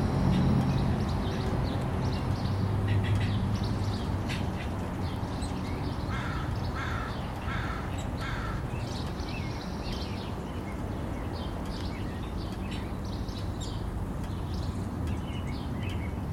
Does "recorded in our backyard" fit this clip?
yes